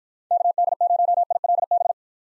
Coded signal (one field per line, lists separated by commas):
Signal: Morse code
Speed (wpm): 52 wpm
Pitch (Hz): 700 Hz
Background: none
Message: KD0ILB